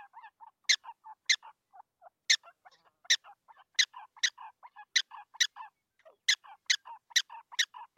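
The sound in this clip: Prairie dog calling with sharp, bright chirps spaced irregularly, mixed with softer, lower, warbling notes between them.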